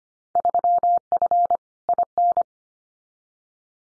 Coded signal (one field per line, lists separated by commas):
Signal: Morse code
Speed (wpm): 25 wpm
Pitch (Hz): 700 Hz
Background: none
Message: 3F IN